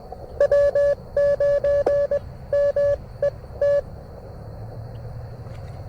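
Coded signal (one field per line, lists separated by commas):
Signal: Morse code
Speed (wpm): 21 wpm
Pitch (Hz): 570 Hz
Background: none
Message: W 9 M E T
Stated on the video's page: Parks on the Air CW with a just-OK antenna.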